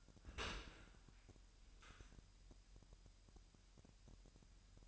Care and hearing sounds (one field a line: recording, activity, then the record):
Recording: daily activity, microphone in the room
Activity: open dishwasher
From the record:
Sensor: 2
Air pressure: 998.2 hPa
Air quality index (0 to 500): 147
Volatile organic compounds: 4 ppm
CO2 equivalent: 1661 ppm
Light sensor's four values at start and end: 10/31/12/12 and 10/30/12/12